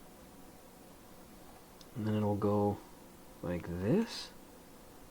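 A plastic LEGO building element is handled and moved into position on a LEGO F1 McLaren 2022 car model while someone talks over a quiet background. The part is not yet home; nothing has seated or clicked yet.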